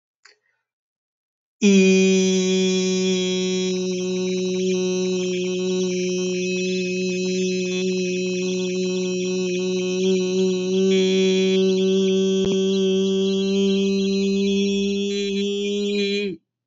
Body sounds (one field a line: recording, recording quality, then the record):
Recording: sustained vowel as in beet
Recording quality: moderate, slight background noise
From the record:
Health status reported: healthy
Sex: male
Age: 22 years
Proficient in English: yes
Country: United States